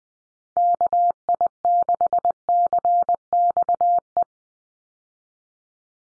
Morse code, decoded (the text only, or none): KI6CXE